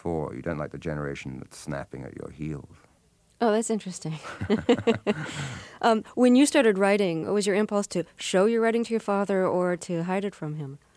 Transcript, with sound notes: You don't like the generation that's snapping at your heel.
Oh, that's interesting.
(LAUGHTER)
When you started writing, was your impulse to show your writing to your father or to hide it from him?